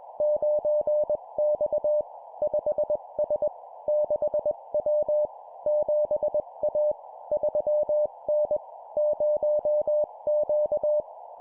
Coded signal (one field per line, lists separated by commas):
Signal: Morse code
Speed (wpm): 21 wpm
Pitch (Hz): 600 Hz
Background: none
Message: 9X 5S 6W 7A 3N 0Q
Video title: 20wpm Two number letter words, CW morse code Copy Speed improvement